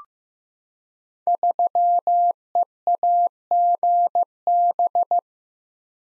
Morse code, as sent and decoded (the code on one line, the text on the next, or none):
...-- . .- --. -...
3EAGB